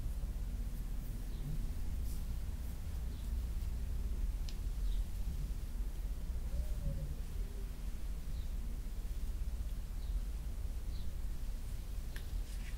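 Soft fabric sounds and slow tracing over a steady low rumble, with a few faint, scattered ticks and scratches every few seconds.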